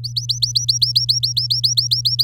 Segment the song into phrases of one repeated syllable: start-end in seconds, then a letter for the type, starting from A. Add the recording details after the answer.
0.04-2.23 A. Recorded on 11 May 2018 at 05:35. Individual llb16